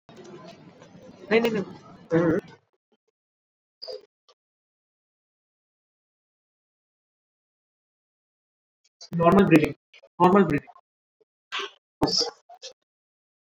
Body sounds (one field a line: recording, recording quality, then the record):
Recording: shallow breathing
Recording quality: poor, much background noise or distortion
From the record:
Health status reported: COVID-19 positive, mild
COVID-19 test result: positive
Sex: female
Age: 52 years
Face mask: not worn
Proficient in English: yes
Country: India